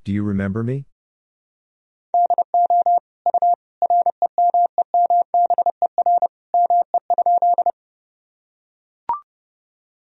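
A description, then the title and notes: After a brief spoken word, a steady mid-pitched tone beeps out Morse code in short and long pulses, ending with a sharp click. Sentences from Top 400 Words and Abbreviations 30wpm. First, the words and abbreviations are sent in Morse code. Then it is spoken.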